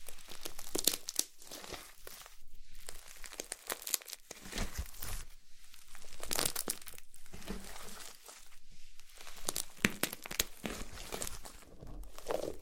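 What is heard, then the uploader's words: Slime being squeezed and handled, with dense, continuous crinkly and crackly textures throughout. Sharp bright pops and snaps come every second or so, with brief quieter gaps near 2.5, 7 and 8.5 seconds. A faint voice may be present underneath. ASMR SLIME SATISFYING - NO TALKING.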